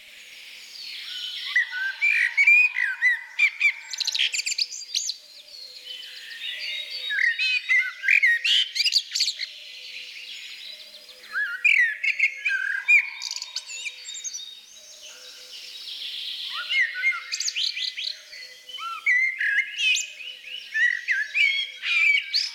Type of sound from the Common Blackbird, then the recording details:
song. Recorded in the wild. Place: Oberrotweil am Kaiserstuhl, Baden-Württemberg, DE. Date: 1984-04-28. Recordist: Schwarz, Dieter